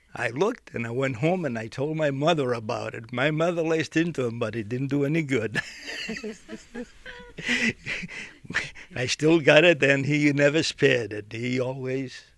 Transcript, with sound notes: I looked and I went home and I told my mother about it. My mother laced into him, but it didn't do any good. ( they laugh ) I still got it, and he never spared it. He always